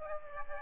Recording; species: mosquito wingbeat signal from an infrared sensor; Aedes aegypti